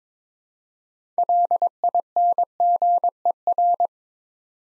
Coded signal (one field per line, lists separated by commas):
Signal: Morse code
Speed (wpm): 22 wpm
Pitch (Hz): 700 Hz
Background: none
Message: LINGER